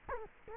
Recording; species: mosquito wingbeat signal from an infrared sensor; Culex quinquefasciatus